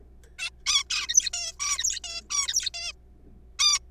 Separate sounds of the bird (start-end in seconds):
0.39-0.50, 0.66-0.84, 0.90-1.07, 1.08-1.30, 1.33-1.52, 1.60-1.99, 2.04-2.21, 2.30-2.70, 2.74-2.92, 3.59-3.79